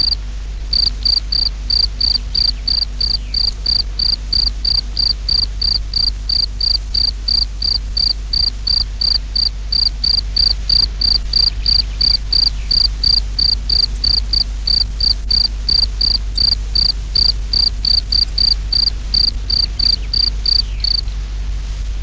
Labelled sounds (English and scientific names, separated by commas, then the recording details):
Field Cricket (Gryllus campestris)
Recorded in the wild
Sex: male
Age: imago
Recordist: Meyer, Hugo